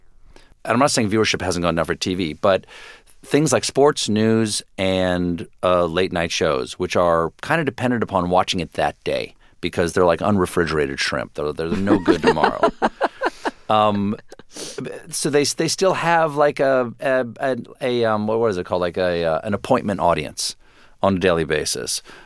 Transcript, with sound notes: And I'm not saying viewership hasn't gone down for TV, but things like sports, news and late night shows, which are kind of dependent upon watching it that day because they're like unrefrigerated shrimp. They're no good tomorrow.
(LAUGHTER)
So they still have, like, a - what is it called? Like, an appointment audience on a daily basis.